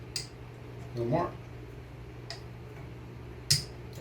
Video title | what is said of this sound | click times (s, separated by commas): Sharpening Chef Knife to 5k Grit | until you get a click | 0.2 s